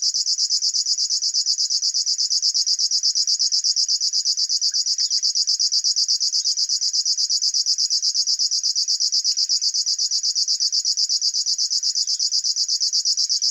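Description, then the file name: River warbler delivering a long, unbroken rattle of quick, regular pulses, dry and cricket-like, holding an even rhythm throughout. "Schlagschwirl - Locustella fluviatilis"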